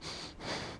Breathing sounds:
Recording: one breath in and out by a microphone near the nose and mouth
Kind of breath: strong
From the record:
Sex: male

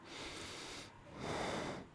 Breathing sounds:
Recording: one breath in and out by a microphone near the nose and mouth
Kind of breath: normal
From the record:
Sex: male

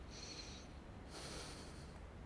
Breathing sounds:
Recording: one breath in and out by a microphone near the nose and mouth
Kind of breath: deep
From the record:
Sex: male

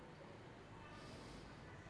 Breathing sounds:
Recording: one breath in and out by a microphone near the nose and mouth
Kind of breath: normal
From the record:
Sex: male

